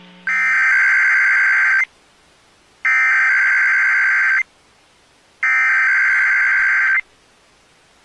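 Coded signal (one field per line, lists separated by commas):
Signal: Emergency Alert System (SAME) tones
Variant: header bursts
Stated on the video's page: Live enthusiast stream of EAS content.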